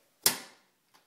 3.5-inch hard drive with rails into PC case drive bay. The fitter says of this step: once you've heard that click it's locked into place